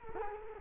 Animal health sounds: mosquito wingbeat signal from an infrared sensor; Culex quinquefasciatus

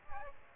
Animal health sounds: mosquito wingbeat signal from an infrared sensor; Aedes aegypti

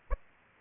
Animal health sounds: mosquito wingbeat signal from an infrared sensor; Aedes aegypti

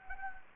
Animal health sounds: mosquito wingbeat signal from an infrared sensor; Anopheles gambiae

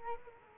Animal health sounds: mosquito wingbeat signal from an infrared sensor; Culex quinquefasciatus

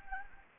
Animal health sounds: mosquito wingbeat signal from an infrared sensor; Anopheles gambiae

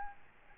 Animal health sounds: mosquito wingbeat signal from an infrared sensor; Aedes albopictus

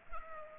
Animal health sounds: mosquito wingbeat signal from an infrared sensor; Culex pipiens

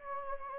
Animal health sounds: mosquito wingbeat signal from an infrared sensor; Anopheles gambiae

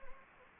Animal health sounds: mosquito wingbeat signal from an infrared sensor; Anopheles gambiae

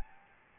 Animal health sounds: mosquito wingbeat signal from an infrared sensor; Aedes albopictus

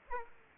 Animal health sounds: mosquito wingbeat signal from an infrared sensor; Aedes aegypti

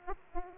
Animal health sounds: mosquito wingbeat signal from an infrared sensor; Aedes aegypti

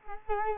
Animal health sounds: mosquito wingbeat signal from an infrared sensor; Culex quinquefasciatus

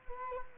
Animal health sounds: mosquito wingbeat signal from an infrared sensor; Culex quinquefasciatus

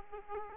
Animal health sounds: mosquito wingbeat signal from an infrared sensor; Aedes aegypti

